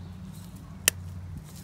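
A Click-C metal spring hose clamp on a fuel hose of a T1N Sprinter is broken loose again with pliers, releasing with a single sharp metallic click at 0.9 s. A low steady hum runs underneath throughout.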